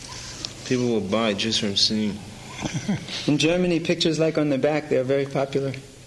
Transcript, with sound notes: People will buy just from seeing. [Prabhupāda laughs]
In Germany pictures like on the back, they're very popular.